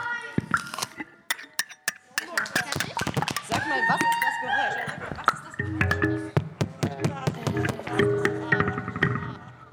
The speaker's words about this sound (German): Jetzt kommt das Essen, wenn ihr in einen Apfel reinbeißt. Oh ja. Jetzt hört ihr einen Apfel, wo ihr in einen Apfel reinbeißt.